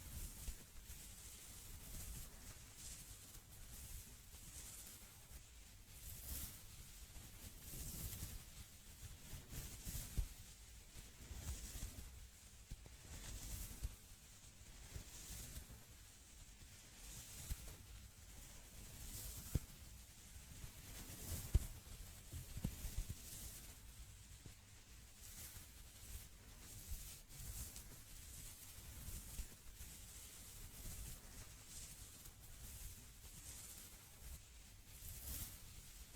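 Quiet rubbing of an oil scalp massage, with soft wet strokes repeating every second or so in a steady, dense layer. A crisp, hissy upper texture sits over a low muffled rumble, broken by an occasional sharper tap near the middle.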